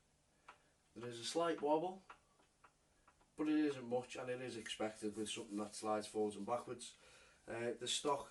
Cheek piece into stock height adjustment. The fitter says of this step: chief pieces height adjustable as well with this little Navia once it clicks in place there's